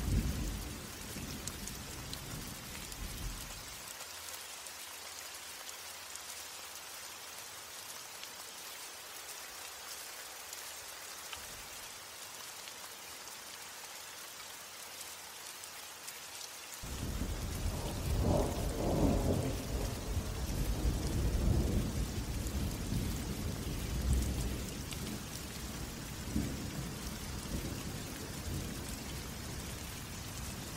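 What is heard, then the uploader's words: Light thunderstorm with a steady hiss of rain throughout. A low rumble fades in the first few seconds, then only rain until about seventeen seconds, when thunder rolls in and swells loudest around twenty seconds before settling into a lingering grumble. Light Thunderstorm Sounds.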